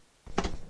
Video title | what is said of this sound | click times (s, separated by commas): DIY Water Softener Install | hear that snap into place and | 0.4 s